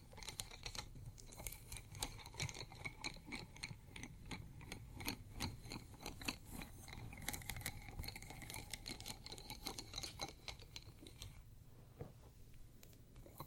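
Pencils and metal studs clatter against ceramic in a dense run of sharp clicks and taps, some leaving a faint bright ring. The tapping is rapid and irregular for about eleven seconds, then thins to a few scattered ticks near the end.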